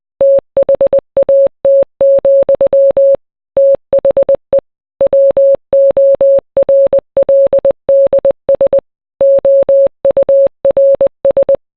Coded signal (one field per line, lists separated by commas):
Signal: Morse code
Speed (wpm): 20 wpm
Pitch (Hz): 550 Hz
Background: none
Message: THAT, THE WORLDS OURS